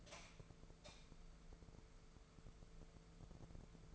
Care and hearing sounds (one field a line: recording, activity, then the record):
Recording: daily activity, microphone in the room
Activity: light on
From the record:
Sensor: 5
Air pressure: 1014.7 hPa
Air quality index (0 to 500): 149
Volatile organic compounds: 4 ppm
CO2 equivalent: 1639 ppm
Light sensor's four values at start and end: 124/301/124/133 and 173/414/175/190